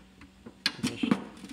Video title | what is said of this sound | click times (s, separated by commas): Cleaning a Frigidaire Dehumidifer Bucket | and this top piece this just lifts out it just pops | 0.7 s